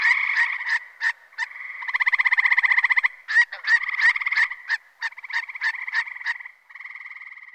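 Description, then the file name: Gray treefrog calls, quick pulsed notes and longer musical trills overlapping as several frogs call together, one trill running about a second. "hyla versicolor"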